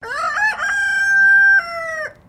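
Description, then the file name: Silkie chicken crowing, a single harmonic crow with a rough, wavering start, a long steady held middle and a short lower tail ending abruptly after about two seconds. "BIRD CHICKEN SILKIE CROW MID"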